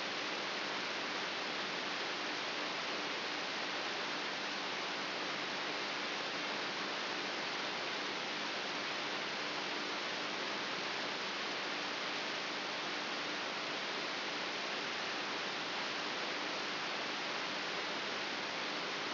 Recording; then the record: brain microelectrode recording played as sound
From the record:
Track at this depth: inside the subthalamic nucleus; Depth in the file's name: 3.04 mm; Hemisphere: right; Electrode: 3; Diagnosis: Parkinson's disease